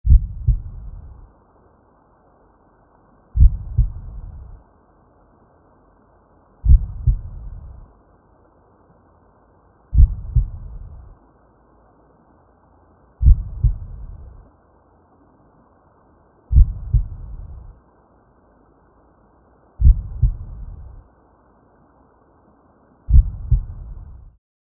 Whale heartbeat.